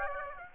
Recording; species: mosquito wingbeat signal from an infrared sensor; Aedes aegypti